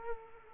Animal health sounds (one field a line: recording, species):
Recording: mosquito wingbeat signal from an infrared sensor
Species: Culex quinquefasciatus